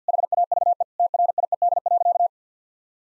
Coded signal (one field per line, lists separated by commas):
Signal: Morse code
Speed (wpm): 46 wpm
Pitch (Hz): 700 Hz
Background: none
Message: HAVE TRIED.